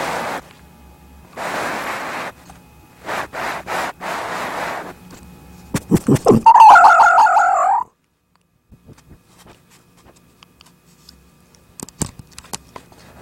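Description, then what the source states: Fox sounds: several rough breathy bursts, then a loud wavering, quavering scream for about two seconds, followed by near silence and a couple of clicks. Fox 'talking' sounds.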